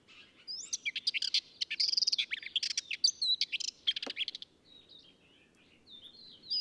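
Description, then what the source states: Ménétries's warbler singing a dry, chattering run of rapid high notes and short buzzy trills for about four seconds, followed by a few faint thin whistles. Song delivered from a clifftop.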